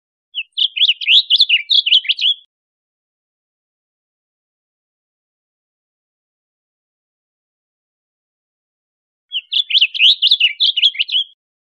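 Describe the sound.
Blue grosbeak singing a hurried, jumbled warble of two seconds, then silence before a second similar phrase near the end.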